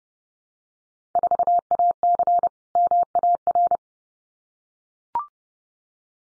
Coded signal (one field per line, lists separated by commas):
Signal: Morse code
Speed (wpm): 30 wpm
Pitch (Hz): 700 Hz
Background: none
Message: 4AC MAR